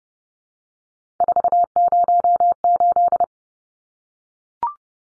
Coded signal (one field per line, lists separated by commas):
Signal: Morse code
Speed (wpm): 30 wpm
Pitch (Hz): 700 Hz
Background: none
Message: 408